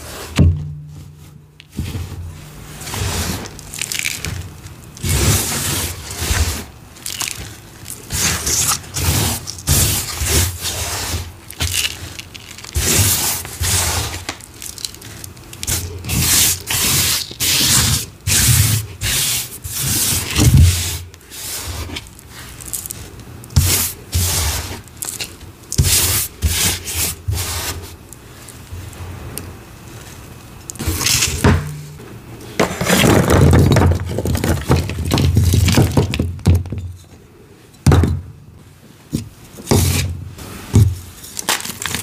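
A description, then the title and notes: Gym chalk shards are crushed under a rolling pin, making dense, glassy crunching and grinding that runs almost continuously with brief pauses near the start, around 21 and 31 seconds, and near 37 seconds. The sound is bright, with a faint low hum underneath. Glassy Crunchy Gym Chalk Shards & Rolling Pin Crushes.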